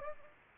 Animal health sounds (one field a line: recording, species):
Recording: mosquito wingbeat signal from an infrared sensor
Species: Anopheles gambiae